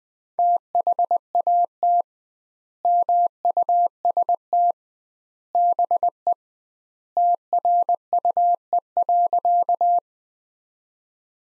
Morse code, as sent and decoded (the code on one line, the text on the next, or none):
- .... .- - / -- ..- ... - / -... . / - .-. ..- . .-.-.-
THAT MUST BE TRUE.